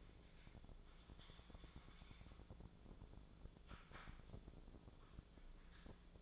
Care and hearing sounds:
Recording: daily activity, microphone in the room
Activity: typing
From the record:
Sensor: 5

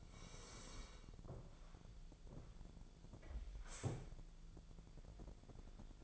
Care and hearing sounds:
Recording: daily activity, microphone in the room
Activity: sit down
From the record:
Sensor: 5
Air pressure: 1000.5 hPa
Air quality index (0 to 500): 147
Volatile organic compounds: 2 ppm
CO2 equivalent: 1136 ppm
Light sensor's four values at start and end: 47/110/46/48 and 47/110/46/48

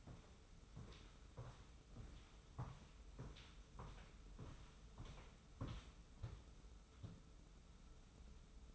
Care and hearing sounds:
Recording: daily activity, microphone in the room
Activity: walk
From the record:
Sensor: 1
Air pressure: 994.4 hPa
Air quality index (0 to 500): 218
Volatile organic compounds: 1000 ppm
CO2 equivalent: 7808 ppm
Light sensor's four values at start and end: 90/197/88/90 and 87/189/85/87

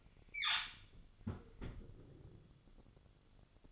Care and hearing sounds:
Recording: daily activity, microphone in the room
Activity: close fridge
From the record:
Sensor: 4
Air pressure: 1008.6 hPa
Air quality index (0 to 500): 70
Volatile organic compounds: 1 ppm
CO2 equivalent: 620 ppm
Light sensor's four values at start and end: 16/35/15/15 and 16/36/15/15

